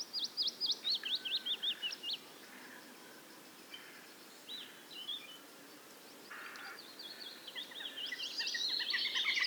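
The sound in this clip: Bird song of rapid high chirps and trills, with a burst of repeated notes early, quieter phrases in the middle, and louder twittering toward the end.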